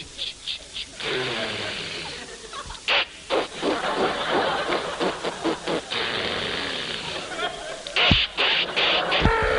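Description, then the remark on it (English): A voice imitates an "outboard motor type" sneeze as a long sputtering, motor-like burst, rapid rhythmic puffs of breath and fluttering lips over several seconds, fairly loud, ending in sharp bursts of air. “Yeah, this one I call the outboard motor type. People with pivot teeth or bridge work should avoid this sneeze.”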